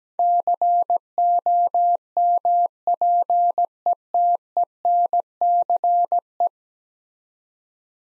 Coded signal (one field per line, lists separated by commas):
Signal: Morse code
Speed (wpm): 17 wpm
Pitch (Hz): 700 Hz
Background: none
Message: COMPETENCE